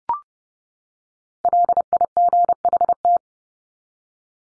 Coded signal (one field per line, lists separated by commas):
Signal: Morse code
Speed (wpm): 30 wpm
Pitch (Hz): 700 Hz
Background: none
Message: LIGHT